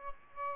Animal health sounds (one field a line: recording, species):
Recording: mosquito wingbeat signal from an infrared sensor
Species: Aedes albopictus